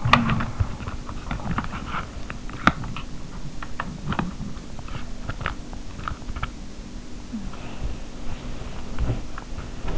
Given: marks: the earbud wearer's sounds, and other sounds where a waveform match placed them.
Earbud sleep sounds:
sounds in sleep by an in-ear microphone; talking in sleep
0.00-0.52 s: talking in sleep
7.23-7.59 s: sound from someone else or the room
7.69-9.98 s: sound from someone else or the room

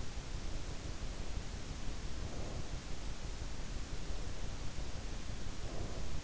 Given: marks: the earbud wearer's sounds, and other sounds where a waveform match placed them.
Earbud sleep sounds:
sounds in sleep by an in-ear microphone; breath
2.19-2.73 s: breath
5.60-6.24 s: breath

